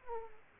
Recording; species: mosquito wingbeat signal from an infrared sensor; Aedes aegypti